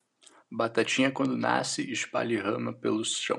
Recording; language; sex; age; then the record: short text; Brazilian Portuguese; male; 20 to 29 years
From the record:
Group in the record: control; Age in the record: 20 years